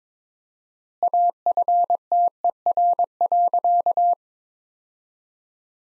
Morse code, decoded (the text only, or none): AFTER.